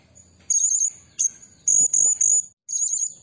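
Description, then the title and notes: Blue-crowned hanging parrot giving bursts of shrill, squeaky, very high notes, with some lower scratchy noise underneath. Lure recording for training and attracting birds; energetic 'nembak gacor' singing style meant to excite other birds. "Burung Serindit Nembak Gacor Bikin Emosi Semua Burung. Suara Nasteran Dan Pemikat Burung Serinditan Gacor"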